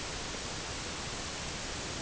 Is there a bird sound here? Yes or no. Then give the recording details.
no. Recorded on Arctic tundra, site EABA-MC, on 22 June 2019. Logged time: 16:00